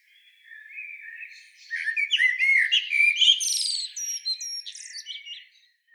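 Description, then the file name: Common blackbird song: a low fluted whistled opening that turns into a rapid, squeaky high twitter of varied notes. "Turdus merula"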